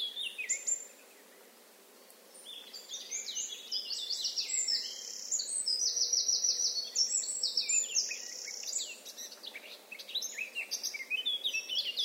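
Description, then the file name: Eurasian blackcap song: a short phrase, a pause, then a long stream of rich, fast warbling with fluty whistles and a brief rattling trill. "Sylvia atricapilla"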